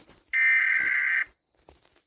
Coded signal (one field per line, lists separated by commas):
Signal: Emergency Alert System (SAME) tones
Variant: header bursts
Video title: Rating Eas Alarms (Sorry if u think this is bad)